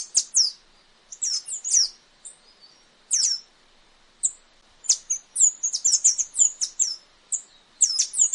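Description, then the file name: Tanager (saíra-dourada): tanager song: sharp, high, down-slurred chirps in quick bursts, pausing briefly between clusters. "canto da saira dourada"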